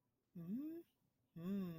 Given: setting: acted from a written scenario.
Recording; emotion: vocal sound without words; romantic love